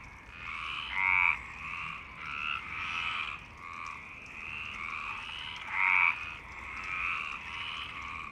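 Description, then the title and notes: Frogs calling together, drawn-out nasal croaks overlapping and rising and falling in loudness, two louder calls standing out above the steady chorus. Frogs in Parc Longchamp, Marseille, Provence-Alpes-Côte d'Azur, France, 26 March 2011 at 19:35; recorded with a MixPre-6 and Basic UCHO. "Marseille, Provence-Alpes-Côte d'Azur, France - 26_03_11_19_35 Longchamps grenouilles. Grenouilles au parc de Longchamp MIXPRE 6 + BASIC UCHO"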